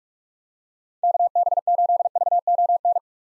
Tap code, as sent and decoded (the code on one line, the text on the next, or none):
none